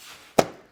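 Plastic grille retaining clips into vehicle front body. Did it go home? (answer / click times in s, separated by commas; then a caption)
yes / 0.4 s. A Jeep grille, lined up on the vehicle's front body, is pushed and given a whack on the bottom to drive its plastic retaining clips into place. A single sharp snap sounds at 0.4 s and fades out over about a quarter second. The clips are seated.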